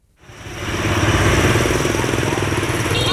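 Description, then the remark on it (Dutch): A dense, continuous drone of many mopeds in the narrow streets of an old city centre in Vietnam, rising quickly from silence and holding steady, with overlapping buzzing and rumbling and a faint high whine near the end. “Hier in de oude binnenstad zijn inderdaad enorm veel brommertjes... zoals je zou verwachten van Vietnam, in de smalle straten.”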